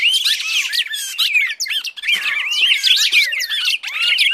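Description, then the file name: Red-crested Cardinal calling aggressively, a continuous jumble of quick, varied whistled slurs and harsh chips with barely a break. Red-crested Cardinal giving a fighting (tarung) call. "suara burung red crested cardinal tarung omkicau"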